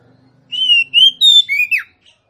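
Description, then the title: Oriental magpie-robin singing one clear whistled phrase, a few sliding notes climbing then dropping into a sharp downward flick, over a faint low hum. Female Oriental magpie-robin song used to lure a male that has stopped singing into singing and fighting; described as persistent full bursts of song. "KACER NGOTOT FULL TEMBAKAN. Suara kacer betinamemancing kacer jantan yg macet bunyi"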